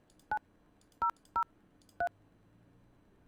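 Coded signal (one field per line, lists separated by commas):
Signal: DTMF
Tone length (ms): 100 ms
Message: 9003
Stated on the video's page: Tones from a hardware IP phone provisioned and tested on a 3CX V18 phone system.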